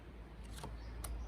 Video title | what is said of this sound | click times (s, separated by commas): How to fit and use the Gardiner Trad Tool Window Cleaning adapters | slides on and locks into place | 1.1 s